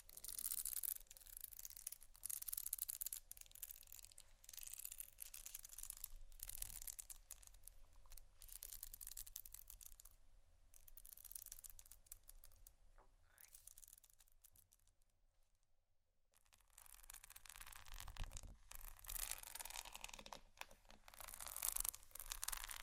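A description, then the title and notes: Scratching over a bumpy surface, made of dense, gritty strokes that crackle brightly and come in quick bursts. The rasping is loud for the first ten seconds, thins to near silence around fifteen seconds, then builds back to full, busy scratching toward the end. ASMR Scratching Bumpy Items No Talking Rode Mics.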